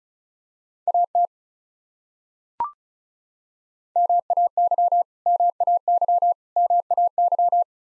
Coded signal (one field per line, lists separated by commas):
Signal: Morse code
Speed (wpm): 36 wpm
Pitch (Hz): 700 Hz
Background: none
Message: AT MAY MAY MAY